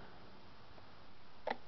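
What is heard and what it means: The governor spring adjusting nut on a Bosch MW diesel injection pump on a DT466 engine is turned further and gives a single short, sharp click at 1.5 s over steady low background noise. The nut seats in its fourth detent and is stopped there, because going further would prevent proper idle adjustment.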